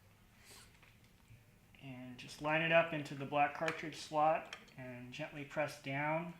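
A black ink cartridge is brought to an Epson Expression XP-8500 Small-in-One printer and lined up over the black cartridge slot in the printer carriage, ready to be gently pressed down, while someone talks. Nothing has seated or clicked yet.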